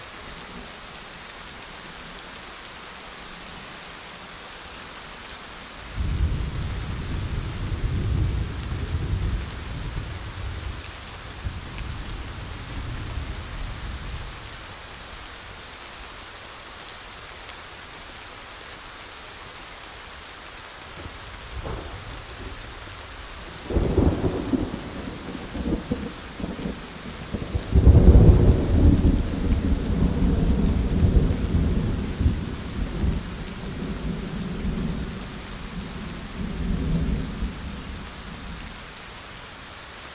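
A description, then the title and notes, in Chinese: A raging thunderstorm, with steady rain hissing throughout. Deep, rumbling thunder rolls in around six seconds and fades by fifteen, then returns harder from about twenty-four seconds, with a loud crack near twenty-eight and long low rumbling to the end. 雷雨猖狂。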